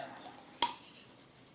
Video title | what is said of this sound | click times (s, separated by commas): Basic Gas Detection Tube Operation Gas Cert Inst | The piston locks in place at 100 cc's. | 0.6 s